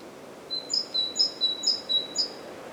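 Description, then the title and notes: Great tit song: several quick, bright two-syllable phrases in a steady rhythm, high-pitched and ringing. Recorded at Głodówka, Žilina Region, Slovakia, with a Zoom F3 recorder and Usi Pro microphones. "Głodówka, Kraj żyliński, Słowacja - Great voice of a great tit. Recordist: Maciej Wirmański"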